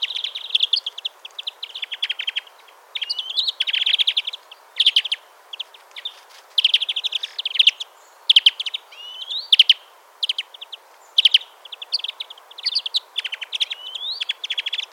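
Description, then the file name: European greenfinch chattering in a long, dense run of rapid twittering notes and occasional rising wheezes, phrases coming almost continuously with brief gaps. "Chloris chloris"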